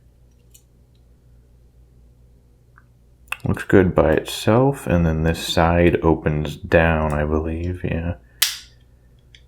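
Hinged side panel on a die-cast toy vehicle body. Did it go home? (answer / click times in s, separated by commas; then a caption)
yes / 8.4 s. A hinged side panel on a die-cast Matchbox toy vehicle is swung open downward while someone talks. At 8.4 s its hinge detent gives a very solid, sharp snap that sounds a little concerning, and the panel stays down in place.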